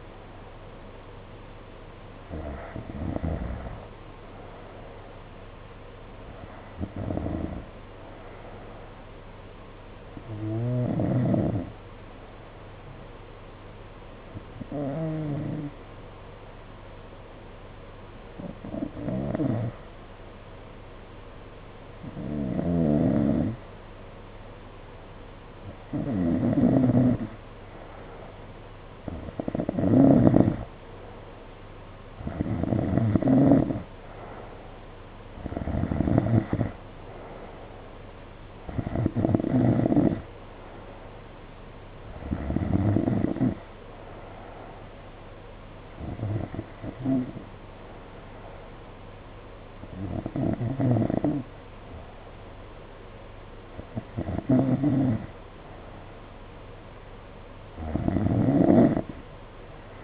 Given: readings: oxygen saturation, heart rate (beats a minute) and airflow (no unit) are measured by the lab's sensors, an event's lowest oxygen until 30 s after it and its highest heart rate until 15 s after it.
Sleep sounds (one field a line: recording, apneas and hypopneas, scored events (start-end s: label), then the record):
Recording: breathing in sleep by a voice recorder at the bedside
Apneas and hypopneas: 1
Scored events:
11.00-27.70 s: hypopnea (N2, oxygen 91% highest, then 88% lowest, heart rate 54 at the start, 62 highest)
From the record:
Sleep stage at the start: N2 (light sleep)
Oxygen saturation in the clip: 88 to 92%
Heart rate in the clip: 53 to 62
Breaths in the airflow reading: 16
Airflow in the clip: -6.0 to 4.3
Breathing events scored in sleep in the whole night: 476 in 9.7 hours asleep